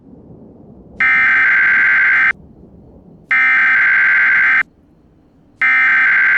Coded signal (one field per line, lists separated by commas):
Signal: Emergency Alert System (SAME) tones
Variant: header bursts